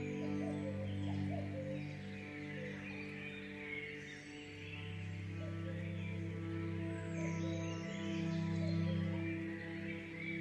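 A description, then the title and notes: Chimes ring out in long, overlapping tones that hum low and steady for the whole stretch, swelling slightly after the midpoint. Small bird chirps flick in high above them now and then, a little busier near the end, over a soft airy hiss. Sounds of nature featuring birds, gentle wind, and later chimes.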